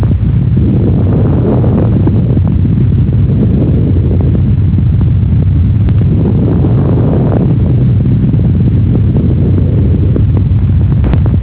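Rumbling, muffled breath sounds from a child's chest rise and fall over about two slow breath cycles, with scattered brief popping clicks. These are rales, or crackles: discontinuous sounds from fluid or secretions opening small airways.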